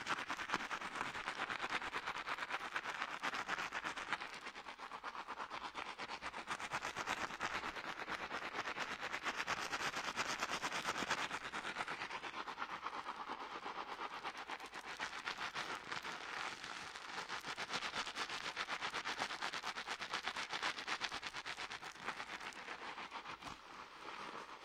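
Hair getting a dry wash: a dense, unbroken crackling and rustling, like fingers scrubbing through the strands. The scratchy texture holds steady for the whole stretch, easing slightly around 5 and 15 seconds, sitting in the middle and upper range with almost no low end.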